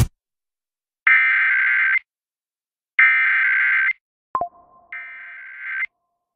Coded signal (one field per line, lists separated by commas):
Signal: Emergency Alert System (SAME) tones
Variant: header bursts